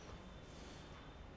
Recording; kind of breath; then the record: one breath in and out by a microphone near the nose and mouth; normal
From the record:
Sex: male